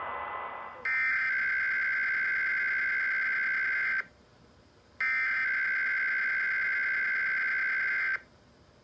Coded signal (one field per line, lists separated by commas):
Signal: Emergency Alert System (SAME) tones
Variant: header bursts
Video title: IPAWS Required Weekly Test (2/1/21)